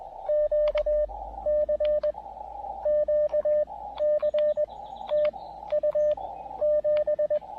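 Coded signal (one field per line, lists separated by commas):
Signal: Morse code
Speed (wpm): 20 wpm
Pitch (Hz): 590 Hz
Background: radio noise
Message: QCQ C TU 7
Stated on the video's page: Morse from a park activation in Québec on 20, 30, 17 and 15 metres with an Elecraft KX2 and Tufteln end-fed random wire antenna.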